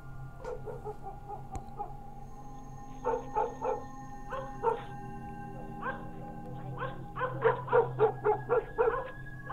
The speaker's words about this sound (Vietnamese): Ấy thế nhưng nếu mà đang yên tĩnh, bỗng những con chó quê cứ chu lên từng tiếng một dứt quãng, hoặc cứ sủa nhấm nha nhấm nhặng, tức là chúng nó đã nhìn thấy những thứ không sạch sẽ.